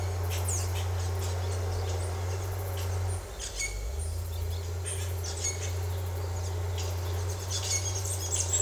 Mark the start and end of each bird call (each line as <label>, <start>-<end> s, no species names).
bird call, 0.42-0.67 s
bird call, 3.35-3.81 s
bird call, 4.27-4.66 s
bird call, 5.19-5.69 s
bird call, 6.26-6.48 s
bird call, 7.47-8.61 s